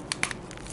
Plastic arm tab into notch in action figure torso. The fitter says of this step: there is a tab right there that will tab into a notch that's inside so you'll hear a click watch this